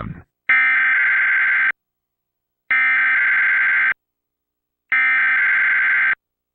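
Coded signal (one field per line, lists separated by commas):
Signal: Emergency Alert System (SAME) tones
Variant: header bursts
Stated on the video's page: Required Weekly Test captured from Xfinity X1 and Xfinity Legacy cable boxes.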